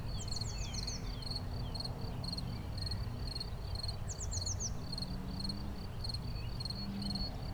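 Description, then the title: Cricket's high, regularly pulsed chirps continue throughout, joined twice by quick falling twitter notes, over a steady low rumble. Lone cricket, among the first of the season, singing for some days now in an intermittent, discontinuous way; Chindrieux, France. "Chindrieux, France - grillon seul"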